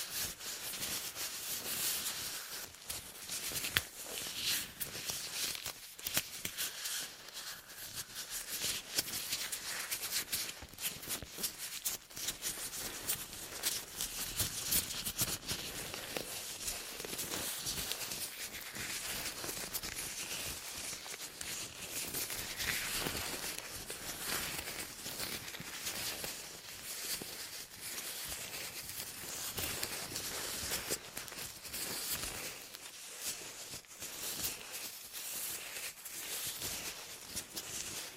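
Intense ear cleaning with a dense stream of crackling, scratching and rustling. The sound is bright and busy throughout, with frequent sharp clicks and brief pauses around 6, 11 and 33 seconds, and little low rumble underneath.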